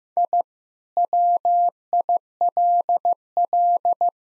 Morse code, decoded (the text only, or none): I WILL